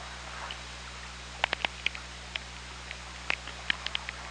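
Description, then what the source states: Killer whale clicks, a loose series of about a dozen sharp snaps scattered irregularly, some in quick pairs, over constant low underwater hum and hiss. OrcaLab hydrophone, 24 August 2017, 04:48:43.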